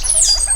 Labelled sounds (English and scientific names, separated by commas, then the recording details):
Stitchbird (Notiomystis cincta) song
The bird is a male
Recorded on Tiritiri Matangi Island, New Zealand, in 2005
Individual 12, of nest box 16